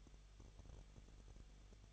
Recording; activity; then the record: daily activity, microphone in the room; no activity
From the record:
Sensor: 4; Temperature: 23.0 degrees Celsius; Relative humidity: 34.3%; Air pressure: 1007.3 hPa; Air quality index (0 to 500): 217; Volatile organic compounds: 15 ppm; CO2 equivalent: 2512 ppm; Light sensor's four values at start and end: 2/3/1/1 and 2/3/1/1